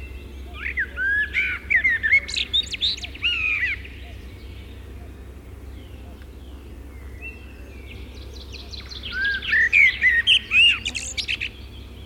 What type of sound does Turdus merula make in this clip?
song